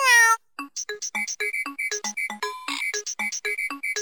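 A VTech Kleines Entdeckerbuch toy plays a single loud cat meow, followed by a quick, bright electronic melody of short repeated beeps in a steady bouncy rhythm.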